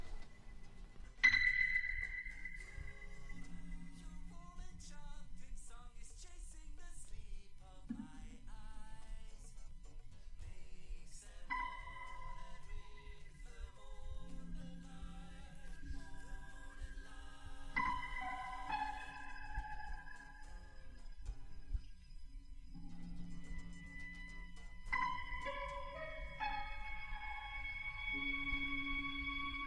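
A live progressive rock recording opens with high, echoing ping-like tones over a low drone, then sustained keyboard chords and gliding guitar lines build slowly at a steady, moderate volume, with no singing.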